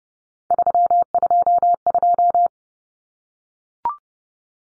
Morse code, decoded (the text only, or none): 322